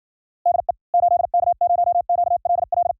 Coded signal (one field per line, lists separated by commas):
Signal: Morse code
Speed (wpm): 55 wpm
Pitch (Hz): 630 Hz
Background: none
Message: DE 8K0QLL